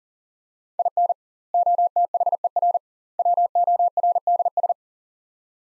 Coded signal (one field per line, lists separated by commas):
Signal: Morse code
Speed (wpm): 40 wpm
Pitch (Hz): 700 Hz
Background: none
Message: IN OTHER WORDS